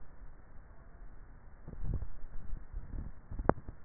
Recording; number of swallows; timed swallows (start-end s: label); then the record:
swallowing sounds by neck microphone; 1
1.65-2.48 s: swallow
From the record:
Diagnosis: dysphagia